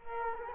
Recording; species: mosquito wingbeat signal from an infrared sensor; Culex quinquefasciatus